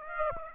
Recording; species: mosquito wingbeat signal from an infrared sensor; Aedes aegypti